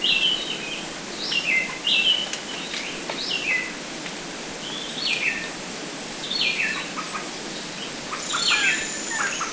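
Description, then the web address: Bar-winged wood-wren song: loud, rich whistled phrases that drop in pitch, repeated every second or two, with faint high ticking notes behind. Recorded in Ecuador. "S America Birds of Ecuador. Bar-winged Wood-Wren"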